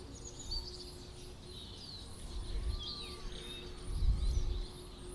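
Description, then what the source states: Several birds twitter with sharp high chirps and a sliding whistled note, as a low hum and wind gusts build toward the end. Birds in St Albans, with wind.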